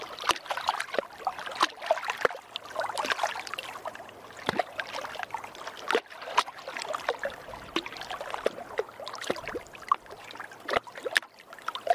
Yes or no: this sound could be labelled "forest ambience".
no